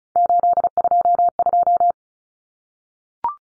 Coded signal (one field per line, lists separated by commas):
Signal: Morse code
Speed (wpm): 34 wpm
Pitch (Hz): 700 Hz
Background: none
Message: 822